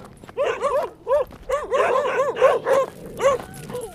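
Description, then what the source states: Dog barking, clusters of short, sharp barks in quick bursts separated by brief pauses. Several dogs heard while walking through them, on Spetses.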